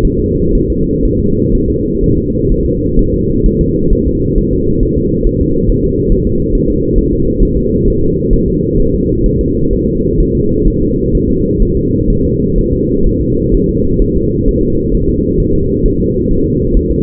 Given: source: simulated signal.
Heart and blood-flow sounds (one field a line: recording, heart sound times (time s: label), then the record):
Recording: fetal heart sounds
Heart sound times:
0.05 s: S1
0.19 s: S2
0.55 s: S1
0.70 s: S2
1.06 s: S1
1.20 s: S2
1.55 s: S1
1.70 s: S2
2.04 s: S1
2.18 s: S2
2.52 s: S1
2.66 s: S2
2.99 s: S1
3.14 s: S2
3.46 s: S1
3.61 s: S2
3.93 s: S1
4.07 s: S2
4.38 s: S1
4.53 s: S2
4.83 s: S1
4.98 s: S2
5.27 s: S1
5.41 s: S2
5.69 s: S1
5.84 s: S2
6.12 s: S1
6.27 s: S2
6.55 s: S1
6.70 s: S2
6.98 s: S1
7.13 s: S2
7.43 s: S1
7.57 s: S2
7.88 s: S1
8.02 s: S2
8.33 s: S1
8.48 s: S2
8.80 s: S1
8.94 s: S2
9.26 s: S1
9.41 s: S2
9.73 s: S1
9.88 s: S2
10.20 s: S1
10.35 s: S2
10.68 s: S1
10.82 s: S2
11.15 s: S1
11.30 s: S2
11.62 s: S1
11.77 s: S2
12.10 s: S1
12.25 s: S2
12.58 s: S1
12.73 s: S2
13.07 s: S1
13.21 s: S2
13.54 s: S1
13.69 s: S2
14.02 s: S1
14.17 s: S2
14.49 s: S1
14.63 s: S2
14.94 s: S1
15.09 s: S2
15.40 s: S1
15.55 s: S2
15.86 s: S1
16.00 s: S2
16.31 s: S1
16.46 s: S2
16.77 s: S1
16.91 s: S2
From the record:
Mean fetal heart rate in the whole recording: 130 bpm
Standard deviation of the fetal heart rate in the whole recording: 4 bpm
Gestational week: 38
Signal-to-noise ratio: -15.3 dB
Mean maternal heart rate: 72 bpm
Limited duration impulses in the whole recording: present